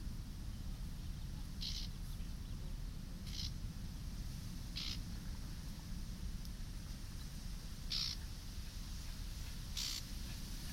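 Wind rushes steadily along a reed-lined path, a dense, low roar that never lets up. Over it, short high chirps or rustles flick in about every one and a half to three seconds, near 2, 3, 5, 8 and 10 seconds.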